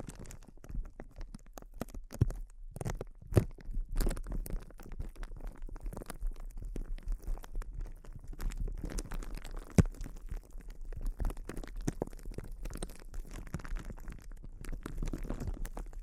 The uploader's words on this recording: ASMR Sensitive Crinkles (No Talking).